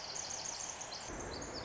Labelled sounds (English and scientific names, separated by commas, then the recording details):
Pacific Wren (Troglodytes pacificus)
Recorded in Sonoma County, California